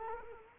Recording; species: mosquito wingbeat signal from an infrared sensor; Culex quinquefasciatus